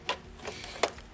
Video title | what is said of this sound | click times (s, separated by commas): First BenQ SW270C 2K Hardware Calibrated Display Unboxing! by Art Suwansang | let it down like that and it should just snap into place now | 0.1 s, 0.8 s